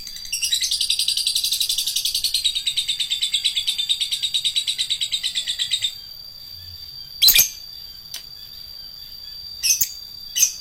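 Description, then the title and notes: Lovebird chatter: a fast, even rattle of rapid pulses for about six seconds, then a few sharp, separate chirps. Adult lovebird, described as a fighter lovebird. "#4. LOVEBIRD FIGTER. Lovebird Dewasa"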